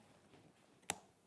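A magnetic clasp is closed on the cover of a handmade paper album. Against a quiet background, a single short, sharp click comes at 0.9 s as the clasp snaps shut and holds.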